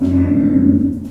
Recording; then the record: squeal of a Yucatan mini pig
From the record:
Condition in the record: after surgery on the right vocal fold (resection and tissue-engineered implant); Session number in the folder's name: 5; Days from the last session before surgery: 33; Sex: female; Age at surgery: 19 weeks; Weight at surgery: 25 kg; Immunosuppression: prednisolone